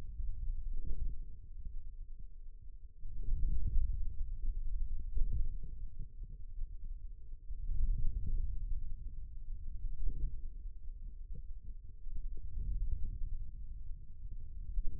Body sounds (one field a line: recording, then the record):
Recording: forearm muscle sounds (acoustic myography)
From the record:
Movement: hand closing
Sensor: system 2, bracelet of six BSWA MPA416 microphones around the upper forearm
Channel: 4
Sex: male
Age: 22 years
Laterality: right